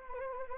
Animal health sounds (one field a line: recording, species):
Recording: mosquito wingbeat signal from an infrared sensor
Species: Anopheles arabiensis